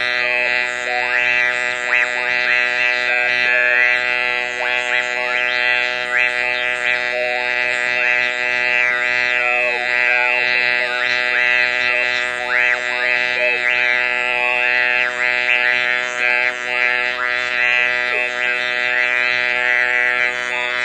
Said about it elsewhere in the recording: Read a brief passage for you with the electrolarynx held in front of my lips a longer sample of speech so uttered. Paragraph from Brideshead Revisited.